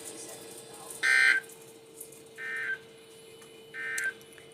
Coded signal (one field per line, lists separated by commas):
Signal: Emergency Alert System (SAME) tones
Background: speech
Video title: SNOW SQUALL WARNINGS (EAS 86-89)